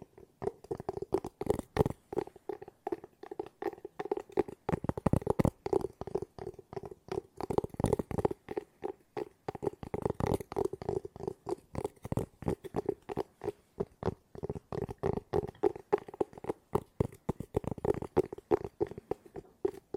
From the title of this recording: ASMR Tapping No Talking Fast